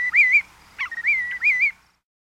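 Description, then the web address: Willet call: ringing whistled phrases of slurred rising-falling notes, broken by a short sharp note, then quiet. "101 Bird Songs. Willet"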